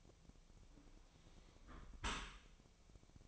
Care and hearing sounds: daily activity, microphone in the room; close dishwasher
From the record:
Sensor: 1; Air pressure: 1003.1 hPa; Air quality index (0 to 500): 197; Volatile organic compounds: 6 ppm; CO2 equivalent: 1884 ppm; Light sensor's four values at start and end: 17/42/17/21 and 17/42/18/21

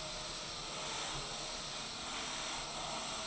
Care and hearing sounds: daily activity, microphone in the room; vacuum cleaning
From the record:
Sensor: 5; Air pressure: 1002.1 hPa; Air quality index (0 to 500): 211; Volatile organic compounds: 21 ppm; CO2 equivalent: 2737 ppm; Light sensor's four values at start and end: 10/24/10/11 and 10/24/10/11

